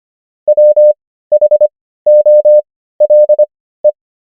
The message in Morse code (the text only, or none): WHOLE